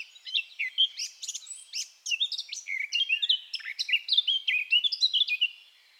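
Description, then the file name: Eurasian blackcap song, a continuous lively warble of quick chirps and short whistles. "Sylvia atricapilla"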